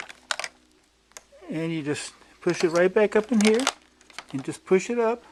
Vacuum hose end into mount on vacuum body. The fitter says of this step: until it snaps. See how it snapped in place?